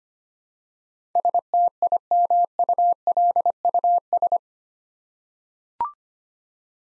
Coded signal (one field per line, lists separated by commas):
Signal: Morse code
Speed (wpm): 25 wpm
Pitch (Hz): 700 Hz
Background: none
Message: STIMULUS